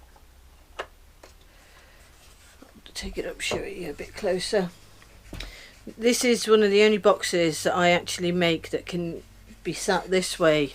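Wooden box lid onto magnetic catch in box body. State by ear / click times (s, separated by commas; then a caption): seated / 0.8 s. A wooden tree box lid is closed onto the magnets in the box body and snaps shut with a sharp tick at 0.8 s, seating on the magnetic catch. A few faint ticks follow, then someone talks.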